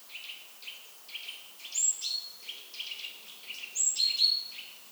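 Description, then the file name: Great tit calls: a rapid series of short high chirps and buzzy notes, with brighter thin whistled notes sliding down around the middle and end. "Parus major"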